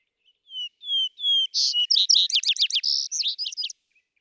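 Vesper sparrow song: three slow, clear, slightly falling whistles, then a rapid jumble of buzzy notes and quick sweeping trills, in a quiet background.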